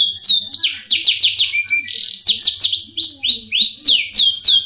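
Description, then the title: Oriental magpie-robin song, a fast run of high chirps, mostly sweeping down from very high to mid pitch, with brief pauses between bursts. Long-duration chirping song. "Kicau Kacer"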